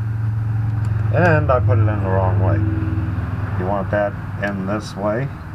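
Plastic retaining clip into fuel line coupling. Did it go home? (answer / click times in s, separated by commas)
no / none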